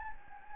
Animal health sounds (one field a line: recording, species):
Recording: mosquito wingbeat signal from an infrared sensor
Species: Anopheles gambiae